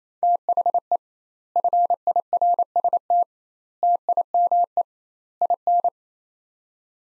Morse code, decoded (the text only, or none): THE FIRST TIME IN